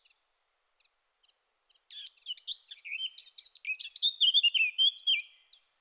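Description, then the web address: Eurasian blackcap song opens with a few faint ticks, then breaks into a rich, fast warble that grows louder and ends in clear fluty whistles. "SETE data Sylvia atricapilla"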